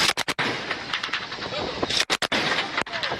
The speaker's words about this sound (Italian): È la sparatoria tra scafisti e guardia coste di Tripoli, svoltasi in acque libiche. Nel filmato si sentono e si vedono le esplosioni dei fucili dei trafficanti dalla loro imbarcazione diretti contro la motovedetta delle autorità costiere nordafricane